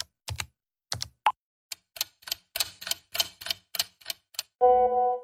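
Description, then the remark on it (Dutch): Quick, irregular clicking taps of someone typing out a WhatsApp text message to Lange Frans, speeding into a rapid flurry before a short buzzy tone closes it off. No voices. “Tijd om hem een appje te sturen.”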